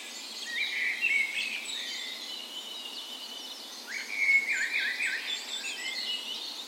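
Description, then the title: Birds: dawn chorus of mixed birds, tangled high twittering songs with two louder phrases near one and four seconds and steady soft background hiss. Spring dawn chorus in a park west in Bergen, Norway, morning of 17 May, Norway's National Day; Sony PCM A10 recorder with LOM micro Usi mics as tree ears. "17th Of May Dawn Chorus"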